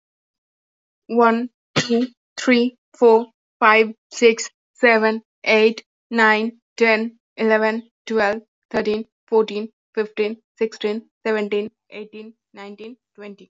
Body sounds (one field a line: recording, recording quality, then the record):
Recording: counting at a normal pace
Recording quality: excellent, no background noise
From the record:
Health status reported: exposed to COVID-19, no respiratory illness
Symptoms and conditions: none ticked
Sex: female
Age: 22 years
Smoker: not ticked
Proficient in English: yes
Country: India